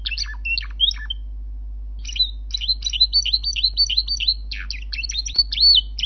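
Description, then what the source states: Bird song: a few scattered chirps, then a fast, buzzy stream of repeated high twitters and trills, with a single sharp click near the end. Training audio for songbirds.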